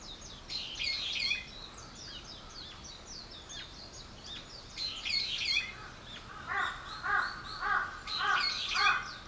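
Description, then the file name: Bird chorus: dense high chirping at first, then several harsh, cawing calls in a regular series about every half second toward the end. "wild bird"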